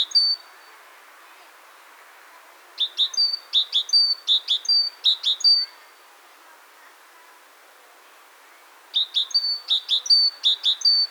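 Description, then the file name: Great tit song: a brief note, then two bouts of quick repeated three-note phrases, two clipped notes and a held whistle, separated by silence. "Parus major"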